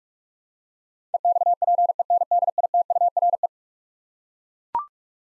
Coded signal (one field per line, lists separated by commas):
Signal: Morse code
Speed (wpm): 42 wpm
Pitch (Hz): 700 Hz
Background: none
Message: EXPENDITURE